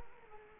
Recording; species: mosquito wingbeat signal from an infrared sensor; Culex quinquefasciatus